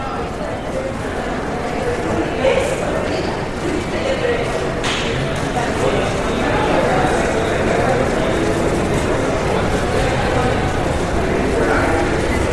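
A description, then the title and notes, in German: Soft, busy bustle fills an airport check-in hall, with a steady blur of murmured passenger voices throughout. Occasional brief knocks and clacks poke out, one sharper around the five-second mark, over a constant low rumble that stays even in level. Sanfte Klänge aus der Flughafen-Abfertigungshalle. Lausche den sanften Klängen des geschäftigen Treibens, dem gedämpften Gemurmel von Passagieren und dem entfernten Summen der Anzeigetafeln.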